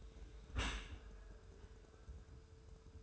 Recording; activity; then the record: daily activity, microphone in the room; close dishwasher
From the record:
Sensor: 2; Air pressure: 1014.8 hPa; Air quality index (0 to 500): 25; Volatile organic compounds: 0 ppm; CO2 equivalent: 504 ppm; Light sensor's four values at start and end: 9/22/9/9 and 9/22/9/9